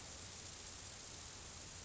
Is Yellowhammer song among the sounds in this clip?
no